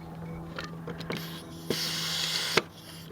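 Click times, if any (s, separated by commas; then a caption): none. A recharge hose's quick coupler is handled at a car's low-side A/C service port: its sleeve is pulled back and it is pushed toward the port, giving faint scraping and rustling, a brief broadband burst at about 1.7 s, and a sharp tap near 2.6 s. Nothing has seated or clicked yet, so the coupler is not yet home on the port.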